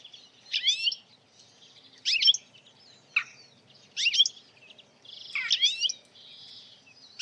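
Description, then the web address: Bird calls: several bursts of bright, clustered chirps that slide downward. "Deverinetal. Bird Only"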